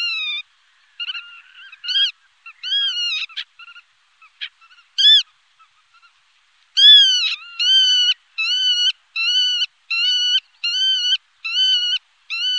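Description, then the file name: Black-tailed godwit giving nasal, upslurred calls, at first broken and uneven, then a steady rapid series. "Rodspov"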